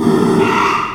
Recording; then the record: squeal of a Yucatan mini pig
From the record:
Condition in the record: after surgery on the right vocal fold (resection and tissue-engineered implant); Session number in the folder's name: 1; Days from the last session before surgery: 6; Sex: male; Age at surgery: 12 weeks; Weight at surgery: 13 kg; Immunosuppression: cyclosporine, prednisolone